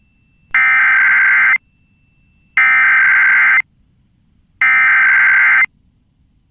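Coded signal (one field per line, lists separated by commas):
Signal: Emergency Alert System (SAME) tones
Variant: header bursts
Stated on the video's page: Three PDS Tornado Watch alerts issued by the Storm Prediction Center, recorded from a station's IP stream, shortened.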